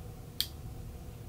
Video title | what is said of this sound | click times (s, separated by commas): COPD Inhaler Techniques Video Farsi 1 Turbuhaler | طرف دیگه طرف برعکس میپیچونی و یک صدای کلیکی خواهیم شنید وقتی این | 0.4 s